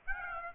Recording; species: mosquito wingbeat signal from an infrared sensor; Aedes aegypti